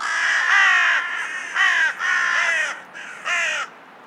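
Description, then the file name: Carrion crow giving harsh, rasping caws in short bursts, some drawn out and others clipped, with brief pauses between them. "Corvus corone"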